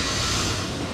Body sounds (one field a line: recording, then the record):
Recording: background sound without coughing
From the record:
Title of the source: 30 MINUTES Construction Site Ambience (CC BY 4.0)